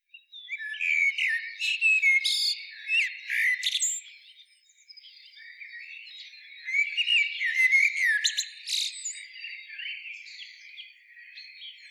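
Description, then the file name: Common blackbird singing two bursts of mellow whistled notes mixed with sharp clicks and twittering, separated by a quieter stretch of background bird chorus. "Turdus merula"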